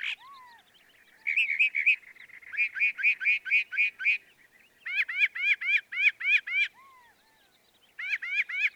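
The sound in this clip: Northern mockingbird singing several distinct phrases, each a quick series of rapid, bright repeated notes, switching to a new phrase type after short pauses.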